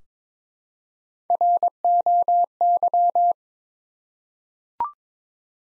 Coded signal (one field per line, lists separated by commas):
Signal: Morse code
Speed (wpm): 22 wpm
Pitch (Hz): 700 Hz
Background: none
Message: ROY